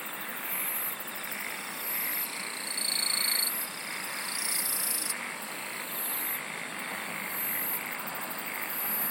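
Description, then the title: Insects singing together, high buzzy bursts repeating every second or so over a continuous shrill drone and a rapid pulsing trill. "SINGING OF INSECTS"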